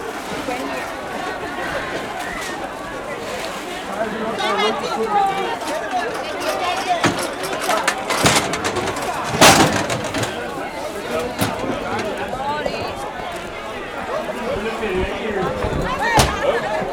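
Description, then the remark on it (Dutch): A dense wash of overlapping voices from a busy crowd at Anton de Komplein, an outdoor square, among many electric mobility scooters: steady crowd chatter with no single speaker standing out, punctuated by a few sharp clacks and thumps. “En nou, het is echt zo'n enorme drukte.”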